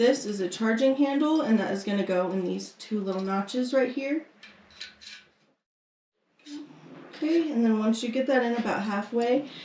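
A charging handle is lined up with the two notches in an AR-15 upper receiver and slid in about halfway. Someone talks throughout, with a few brief handling sounds around 4.4 s and 4.8 s and a short quiet gap near 6 s. Nothing has seated or clicked yet.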